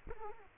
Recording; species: mosquito wingbeat signal from an infrared sensor; Culex quinquefasciatus